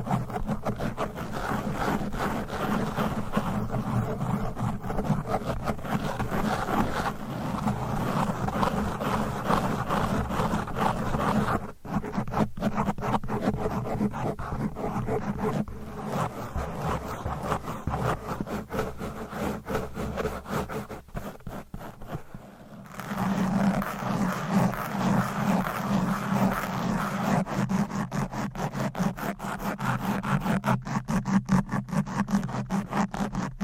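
Fast, aggressive mic scratching runs almost without pause, a dense rough rasp with a steady low rumble underneath. Around 12 and 22 seconds the scraping thins briefly with choppy dropouts, then returns louder and fuller from about 23 seconds to the end.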